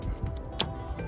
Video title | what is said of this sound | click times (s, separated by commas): Alfa Romeo Giulietta Fuel Filter Change | lovely nice positive click in there as well | 0.6 s